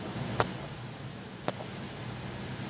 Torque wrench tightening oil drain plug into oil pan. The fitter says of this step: right so that's been torqued down make sure when you're torquing the drain plugs you hear it click okay before